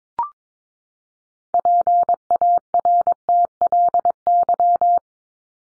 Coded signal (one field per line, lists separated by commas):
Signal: Morse code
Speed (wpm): 22 wpm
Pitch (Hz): 700 Hz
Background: none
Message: PARTLY